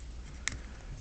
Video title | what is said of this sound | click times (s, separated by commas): transformers naruto crossover review | then for these arms you want to bring this Armature down and around and it will snap into place | 0.5 s